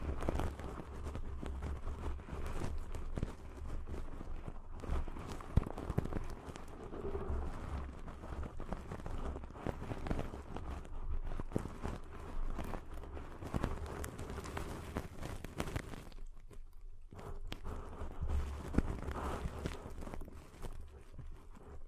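Deep ear cleaning sounds in 3D: a dense, continuous rustling and scraping with frequent sharp clicks and scratchy taps throughout. A low steady rumble sits underneath, and the sound briefly thins out around sixteen seconds before the scratching resumes.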